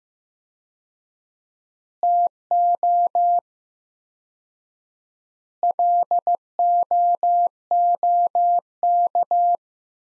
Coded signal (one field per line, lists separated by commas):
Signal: Morse code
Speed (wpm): 15 wpm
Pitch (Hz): 700 Hz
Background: none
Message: TO LOOK